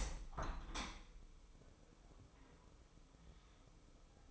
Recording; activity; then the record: daily activity, microphone in the room; open window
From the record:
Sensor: 1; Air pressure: 1015.0 hPa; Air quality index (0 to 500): 25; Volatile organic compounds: 0 ppm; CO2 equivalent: 503 ppm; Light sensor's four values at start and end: 10/25/10/11 and 11/27/11/12